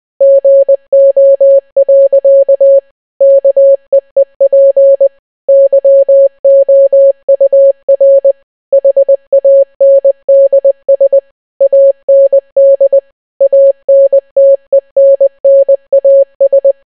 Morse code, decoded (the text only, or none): GO. KEEP YOUR HANDS AND ANTENNAS